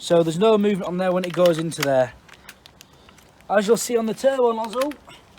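A turbo nozzle is handled at a Kranzle K1152TST pressure washer lance. Someone talks, and between about 2.3 and 3.2 s there are a few short, light handling ticks. Nothing has seated or clicked yet.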